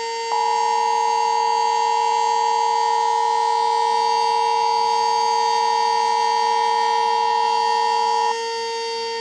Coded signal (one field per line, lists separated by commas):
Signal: Emergency Alert System (SAME) tones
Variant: 853 and 960 Hz attention tone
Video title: The Hawaii wedge An EAS Scenario part 1